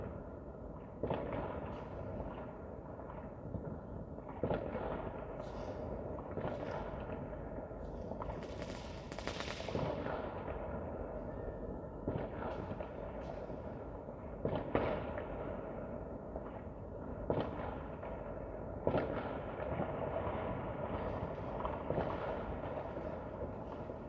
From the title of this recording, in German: Silvesternacht: Feuerwerk und Freude